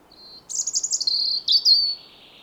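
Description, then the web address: European robin song: a thin high note, then a fast trilled run of notes and slurred whistles falling slightly, all high-pitched and sweet. "SETE Erithacus rubecula"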